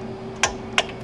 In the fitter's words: there's that click so this is a component that i had is from one of my tools